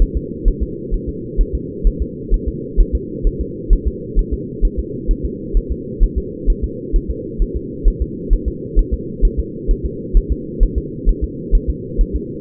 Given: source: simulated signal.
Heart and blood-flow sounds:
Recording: fetal heart sounds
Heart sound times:
0.02 s: S1
0.17 s: S2
0.48 s: S1
0.63 s: S2
0.94 s: S1
1.09 s: S2
1.41 s: S1
1.55 s: S2
1.87 s: S1
2.02 s: S2
2.34 s: S1
2.48 s: S2
2.80 s: S1
2.95 s: S2
3.27 s: S1
3.41 s: S2
3.73 s: S1
3.88 s: S2
4.19 s: S1
4.34 s: S2
4.65 s: S1
4.79 s: S2
5.11 s: S1
5.25 s: S2
5.57 s: S1
5.72 s: S2
6.03 s: S1
6.18 s: S2
6.50 s: S1
6.64 s: S2
6.96 s: S1
7.11 s: S2
7.42 s: S1
7.56 s: S2
7.88 s: S1
8.02 s: S2
8.33 s: S1
8.48 s: S2
8.79 s: S1
8.94 s: S2
9.25 s: S1
9.40 s: S2
9.71 s: S1
9.86 s: S2
10.17 s: S1
10.32 s: S2
10.63 s: S1
10.78 s: S2
11.09 s: S1
11.24 s: S2
11.55 s: S1
11.70 s: S2
12.01 s: S1
12.16 s: S2
From the record:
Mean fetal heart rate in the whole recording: 130 bpm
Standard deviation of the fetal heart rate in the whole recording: 2 bpm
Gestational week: 38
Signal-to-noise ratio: -4.1 dB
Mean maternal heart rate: no maternal heart sound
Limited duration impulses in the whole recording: absent

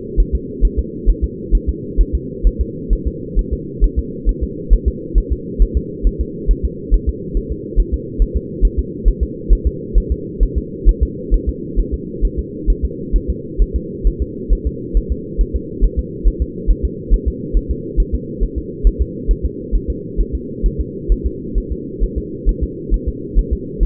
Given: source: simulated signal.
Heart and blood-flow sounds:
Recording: fetal heart sounds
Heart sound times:
0.20 s: S1
0.35 s: S2
0.65 s: S1
0.79 s: S2
1.10 s: S1
1.24 s: S2
1.55 s: S1
1.69 s: S2
2.01 s: S1
2.15 s: S2
2.47 s: S1
2.61 s: S2
2.93 s: S1
3.07 s: S2
3.39 s: S1
3.53 s: S2
3.84 s: S1
3.99 s: S2
4.29 s: S1
4.44 s: S2
4.73 s: S1
4.88 s: S2
5.18 s: S1
5.32 s: S2
5.62 s: S1
5.77 s: S2
6.07 s: S1
6.21 s: S2
6.51 s: S1
6.65 s: S2
6.94 s: S1
7.09 s: S2
7.37 s: S1
7.52 s: S2
7.80 s: S1
7.94 s: S2
8.22 s: S1
8.37 s: S2
8.65 s: S1
8.79 s: S2
9.08 s: S1
9.23 s: S2
9.53 s: S1
9.67 s: S2
9.98 s: S1
10.12 s: S2
10.43 s: S1
10.58 s: S2
10.89 s: S1
11.03 s: S2
11.34 s: S1
11.49 s: S2
11.79 s: S1
11.94 s: S2
12.25 s: S1
12.39 s: S2
12.70 s: S1
12.85 s: S2
13.16 s: S1
13.30 s: S2
13.62 s: S1
13.76 s: S2
14.07 s: S1
14.22 s: S2
14.53 s: S1
14.67 s: S2
14.97 s: S1
15.12 s: S2
15.41 s: S1
15.56 s: S2
15.84 s: S1
15.99 s: S2
16.28 s: S1
16.42 s: S2
16.70 s: S1
16.85 s: S2
17.14 s: S1
17.28 s: S2
17.57 s: S1
17.71 s: S2
18.00 s: S1
18.15 s: S2
18.43 s: S1
18.58 s: S2
18.87 s: S1
19.01 s: S2
19.31 s: S1
19.45 s: S2
19.75 s: S1
19.90 s: S2
20.20 s: S1
20.35 s: S2
20.66 s: S1
20.81 s: S2
21.12 s: S1
21.26 s: S2
21.58 s: S1
21.72 s: S2
22.04 s: S1
22.18 s: S2
22.49 s: S1
22.63 s: S2
22.94 s: S1
23.09 s: S2
23.39 s: S1
23.53 s: S2
23.83 s: S1
From the record:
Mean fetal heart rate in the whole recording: 135 bpm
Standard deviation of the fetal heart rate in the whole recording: 3 bpm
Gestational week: 36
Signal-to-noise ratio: -4.1 dB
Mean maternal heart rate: no maternal heart sound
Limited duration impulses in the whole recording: absent

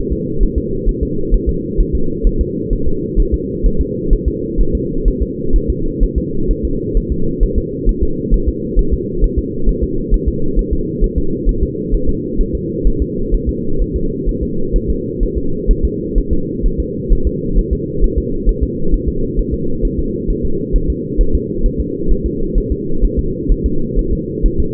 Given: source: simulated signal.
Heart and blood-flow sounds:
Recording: fetal heart sounds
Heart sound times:
0.12 s: S2
0.43 s: S1
0.58 s: S2
0.89 s: S1
1.03 s: S2
1.34 s: S1
1.49 s: S2
1.80 s: S1
1.95 s: S2
2.27 s: S1
2.41 s: S2
2.73 s: S1
2.87 s: S2
3.20 s: S1
3.34 s: S2
3.66 s: S1
3.81 s: S2
4.13 s: S1
4.28 s: S2
4.60 s: S1
4.75 s: S2
5.08 s: S1
5.22 s: S2
5.56 s: S1
5.70 s: S2
6.03 s: S1
6.18 s: S2
6.51 s: S1
6.65 s: S2
6.97 s: S1
7.12 s: S2
7.43 s: S1
7.58 s: S2
7.89 s: S1
8.03 s: S2
8.34 s: S1
8.48 s: S2
8.79 s: S1
8.93 s: S2
9.24 s: S1
9.38 s: S2
9.69 s: S1
9.83 s: S2
10.14 s: S1
10.28 s: S2
10.59 s: S1
10.73 s: S2
11.04 s: S1
11.18 s: S2
11.49 s: S1
11.63 s: S2
11.94 s: S1
12.09 s: S2
12.41 s: S1
12.55 s: S2
12.87 s: S1
13.02 s: S2
13.34 s: S1
13.49 s: S2
13.82 s: S1
13.96 s: S2
14.29 s: S1
14.43 s: S2
14.76 s: S1
14.90 s: S2
15.23 s: S1
15.38 s: S2
15.71 s: S1
15.85 s: S2
16.18 s: S1
16.33 s: S2
16.66 s: S1
16.80 s: S2
17.12 s: S1
17.27 s: S2
17.59 s: S1
17.73 s: S2
18.04 s: S1
18.18 s: S2
18.49 s: S1
18.63 s: S2
18.94 s: S1
19.08 s: S2
19.39 s: S1
19.54 s: S2
19.85 s: S1
19.99 s: S2
20.30 s: S1
20.45 s: S2
20.76 s: S1
20.90 s: S2
21.21 s: S1
21.35 s: S2
21.66 s: S1
21.80 s: S2
22.12 s: S1
22.26 s: S2
22.58 s: S1
22.72 s: S2
23.04 s: S1
23.19 s: S2
23.52 s: S1
23.66 s: S2
23.99 s: S1
24.13 s: S2
24.46 s: S1
24.60 s: S2
From the record:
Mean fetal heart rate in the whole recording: 130 bpm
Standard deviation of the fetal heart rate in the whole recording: 2 bpm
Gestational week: 38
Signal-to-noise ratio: -8.1 dB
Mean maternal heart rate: 72 bpm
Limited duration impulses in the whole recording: absent

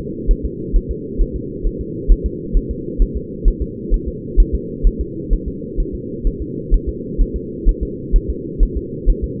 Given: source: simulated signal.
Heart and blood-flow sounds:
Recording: fetal heart sounds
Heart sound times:
0.31 s: S1
0.45 s: S2
0.76 s: S1
0.91 s: S2
1.21 s: S1
1.36 s: S2
1.66 s: S1
1.81 s: S2
2.12 s: S1
2.26 s: S2
2.57 s: S1
2.71 s: S2
3.02 s: S1
3.16 s: S2
3.48 s: S1
3.62 s: S2
3.94 s: S1
4.08 s: S2
4.40 s: S1
4.55 s: S2
4.87 s: S1
5.01 s: S2
5.33 s: S1
5.48 s: S2
5.80 s: S1
5.95 s: S2
6.27 s: S1
6.42 s: S2
6.74 s: S1
6.89 s: S2
7.21 s: S1
7.36 s: S2
7.69 s: S1
7.83 s: S2
8.16 s: S1
8.30 s: S2
8.63 s: S1
8.77 s: S2
9.10 s: S1
9.24 s: S2
From the record:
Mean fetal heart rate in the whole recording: 130 bpm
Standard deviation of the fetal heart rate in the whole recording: 2 bpm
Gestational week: 38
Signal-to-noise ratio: -4.1 dB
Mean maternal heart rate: no maternal heart sound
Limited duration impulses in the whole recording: absent

